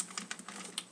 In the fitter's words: they will click in